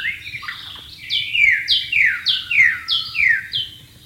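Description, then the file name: White-rumped shama song, a steady series of loud slurred whistles, each sweeping downward. "suara burung murai batu di alam liar"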